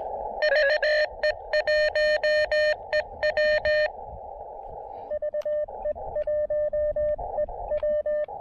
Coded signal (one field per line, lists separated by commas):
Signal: Morse code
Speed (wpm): 20 wpm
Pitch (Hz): 600 Hz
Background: radio noise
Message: VE1EW VE1EW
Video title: Rendezvous Mountain SOTA & POTA: QRP DX with 5 watts and speaker wire!